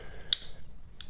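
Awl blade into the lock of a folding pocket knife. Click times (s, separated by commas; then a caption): 1.0 s. The awl blade of an old folding pocket knife is opened and swung into its lock. A sharp metallic tick sounds at about 0.3 s, and a second crisp click at 1.0 s marks the awl locking in the open position. The lock holds, though the knife needs cleaning.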